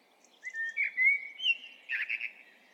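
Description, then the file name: Eurasian blackbird giving a short, smooth whistled phrase followed by a few quick chirpy notes, with faint background noise. "Turdus merula"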